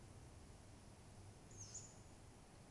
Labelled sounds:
Tawny Owl
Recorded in Germany
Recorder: ecoPi

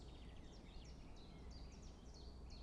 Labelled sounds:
Common Chiffchaff
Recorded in Germany
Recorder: ecoPi

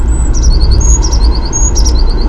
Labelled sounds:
Eurasian Blue Tit
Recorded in Germany
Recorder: ecoPi

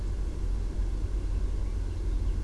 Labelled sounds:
Eurasian Blackcap
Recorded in Germany
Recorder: ecoPi

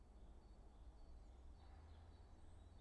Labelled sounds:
Great Tit
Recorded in Germany
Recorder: ecoPi

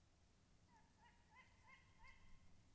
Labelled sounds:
Tawny Owl
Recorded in Germany
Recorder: ecoPi

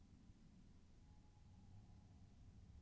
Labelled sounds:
Tawny Owl
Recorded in Germany
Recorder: ecoPi

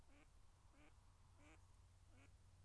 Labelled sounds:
Mallard
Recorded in Germany
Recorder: ecoPi

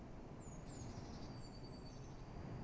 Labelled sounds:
Great Tit
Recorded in Germany
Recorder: ecoPi

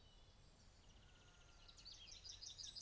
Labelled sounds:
Common Chaffinch
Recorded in Germany
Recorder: ecoPi

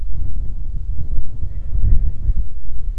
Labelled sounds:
Mallard
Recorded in Germany
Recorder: ecoPi

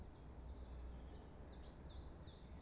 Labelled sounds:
Common Chiffchaff
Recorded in Germany
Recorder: ecoPi

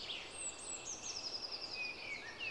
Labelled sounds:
Eurasian Blue Tit
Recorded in Germany
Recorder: ecoPi

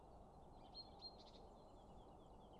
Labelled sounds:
Great Tit
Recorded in Germany
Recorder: ecoPi

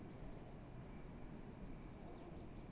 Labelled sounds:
Eurasian Blue Tit
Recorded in Germany
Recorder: ecoPi

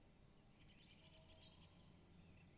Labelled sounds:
Song Thrush
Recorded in Germany
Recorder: ecoPi

